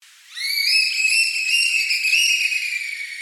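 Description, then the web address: Oystercatcher giving loud, shrill, high whistles that start abruptly and run on in an unbroken stream with slight rises and falls in pitch. "gulf watch audio oystercatchers"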